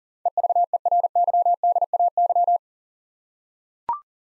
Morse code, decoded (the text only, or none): EVERYDAY